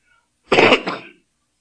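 A single harsh cough from an adult man, caught from his son-in-law: a sharp, noisy burst lasting about half a second that trails off into a softer rasp. It comes in a quiet indoor setting, with a rough, throaty quality.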